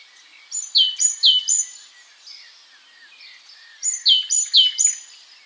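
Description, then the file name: Great tit song: two bursts of high-then-low paired notes, each pair repeated about three times, separated by faint background twittering. "Parus major"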